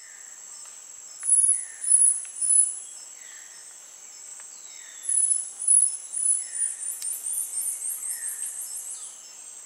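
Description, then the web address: Snethlage's marmoset: two bursts of sharp high whistles in groups of three, then a rapid rhythmic high trill, above continuous insect drone and faint lower chirps. Primate recorded in a South American rainforest. "Natures Songs S America Primates of the Rainforest Snethlage's marmoset"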